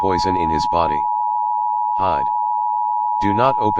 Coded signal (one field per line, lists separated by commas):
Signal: Emergency Alert System (SAME) tones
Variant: 853 and 960 Hz attention tone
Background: speech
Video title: EAS scenario: Monsters outside